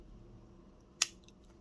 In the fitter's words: and it locks in place so up here on the top you have your buttons